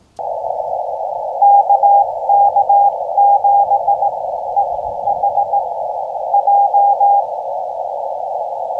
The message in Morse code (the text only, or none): KK7EHJ